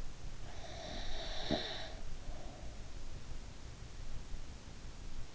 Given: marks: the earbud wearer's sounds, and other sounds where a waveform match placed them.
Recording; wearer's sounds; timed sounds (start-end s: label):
sounds in sleep by an in-ear microphone; breath
0.50-2.67 s: breath